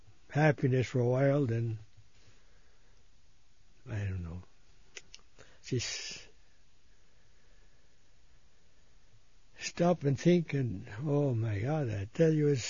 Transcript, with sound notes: happiness for a while, then, I don't know. ( he pauses ) Just stop and think, and oh, my God, I tell you,